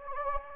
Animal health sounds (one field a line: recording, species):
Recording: mosquito wingbeat signal from an infrared sensor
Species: Anopheles gambiae